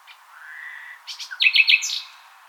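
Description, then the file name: Common nightingale song: a soft drawn-out whistle, then a loud burst of rapid repeated chirping notes. "Luscinia megarhynchos"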